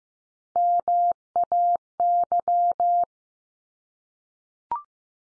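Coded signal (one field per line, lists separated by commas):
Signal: Morse code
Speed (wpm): 15 wpm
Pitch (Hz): 700 Hz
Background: none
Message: MAY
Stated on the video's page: Morse word drill at 15 wpm: common English words each sent three times, then spoken, then sent again, for head-copy practice.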